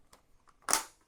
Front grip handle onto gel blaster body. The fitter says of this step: and snaps in place so you have somewhere to hold it with your other hand